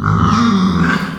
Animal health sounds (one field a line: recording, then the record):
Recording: squeal of a Yucatan mini pig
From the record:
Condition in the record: after surgery on the right vocal fold (resection and tissue-engineered implant)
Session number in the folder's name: 16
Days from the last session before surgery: 183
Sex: female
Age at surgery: 19 weeks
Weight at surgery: 25 kg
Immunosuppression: prednisolone